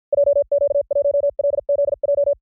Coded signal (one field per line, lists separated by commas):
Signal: Morse code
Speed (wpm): 53 wpm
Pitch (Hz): 570 Hz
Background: none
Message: JQ1LZJ